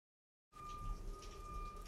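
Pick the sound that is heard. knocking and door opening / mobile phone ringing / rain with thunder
rain with thunder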